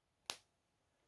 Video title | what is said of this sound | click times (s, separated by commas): This Year In Perfume "2012" Episode #2012 #fragrance #cologne #perfume | oh it's fantastic um it even clicks into place listen | 0.3 s